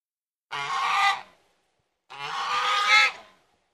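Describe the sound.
Domestic goose calling twice, each call a drawn-out, raspy honk that strengthens toward its end. There is a brief gap between the calls.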